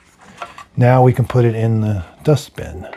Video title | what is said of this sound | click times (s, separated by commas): Roborock Qrevo Master Robot Vacuum & Mop How to do Maintenance and Links to Replacement Parts | rotate, it clicks into place. | 0.4 s